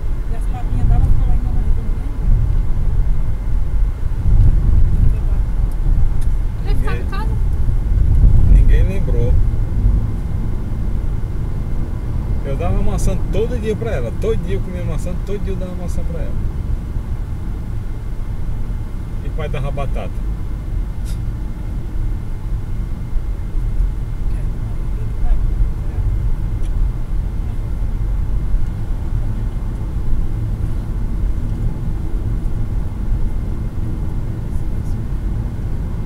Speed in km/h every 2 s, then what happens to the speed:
108, 106, 99, 95, 97, 101, 103, 98, 90, 83, 80, 81, 85, 88, 88, 88, 90, 91.
0-6 slows to 95. 6-12 speeds up to 103. 12-20 slows to 80. 20-36 speeds up to 91.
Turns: none.